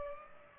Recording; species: mosquito wingbeat signal from an infrared sensor; Culex pipiens